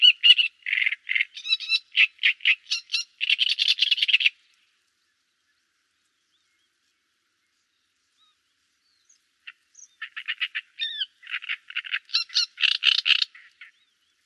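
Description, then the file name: Great reed warbler song: two bursts of harsh, grating, croaking notes, each a few seconds long, with squeaky notes mixed in and a quiet pause between them. "trzciniak peter boesman. grote karekiet zang"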